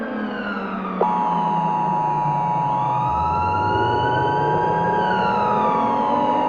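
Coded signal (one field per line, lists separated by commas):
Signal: Emergency Alert System (SAME) tones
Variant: 853 and 960 Hz attention tone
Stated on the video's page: Fictional EAS scenario, not a real alert.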